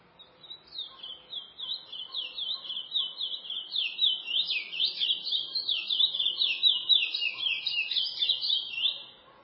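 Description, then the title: Chestnut-bellied seed finch pouring out a long, rapid, jumbled warble of high slurred notes, about four per second. "Canto De Curio"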